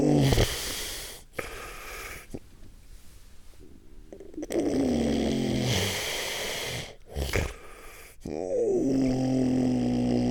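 Loud, rattling snore bursts alternate with a quieter stretch of faint breathing, then resume with a snorting, gasping intake. This irregular pattern of heavy snoring broken by pauses fits snoring with sleep apnea.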